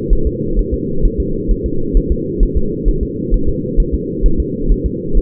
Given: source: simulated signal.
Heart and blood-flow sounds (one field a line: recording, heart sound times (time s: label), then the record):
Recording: fetal heart sounds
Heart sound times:
0.13 s: S1
0.27 s: S2
0.59 s: S1
0.74 s: S2
1.05 s: S1
1.20 s: S2
1.51 s: S1
1.66 s: S2
1.97 s: S1
2.12 s: S2
2.43 s: S1
2.57 s: S2
2.89 s: S1
3.03 s: S2
3.34 s: S1
3.49 s: S2
3.80 s: S1
3.94 s: S2
4.26 s: S1
4.40 s: S2
4.72 s: S1
4.86 s: S2
5.17 s: S1
From the record:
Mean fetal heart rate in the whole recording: 130 bpm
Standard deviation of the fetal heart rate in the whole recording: 4 bpm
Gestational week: 38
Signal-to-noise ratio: -8.1 dB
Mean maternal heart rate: 72 bpm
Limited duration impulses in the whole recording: absent